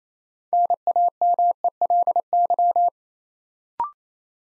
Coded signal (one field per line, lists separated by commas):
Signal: Morse code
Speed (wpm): 28 wpm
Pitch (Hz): 700 Hz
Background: none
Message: NAMELY